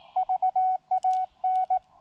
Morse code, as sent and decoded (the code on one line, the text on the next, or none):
...- .- -.
VAN